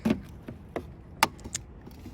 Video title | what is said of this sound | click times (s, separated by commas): Trunk Lid Taillight Replacement Saab 9-3 03-12 2003 2004 2005 2006 2007 2008 2009 2010 2011 2012 | Hear that click, and then you can just take it out. | 1.2 s